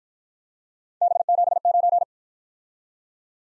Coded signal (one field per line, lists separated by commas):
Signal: Morse code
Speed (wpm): 52 wpm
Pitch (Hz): 700 Hz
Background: none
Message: B79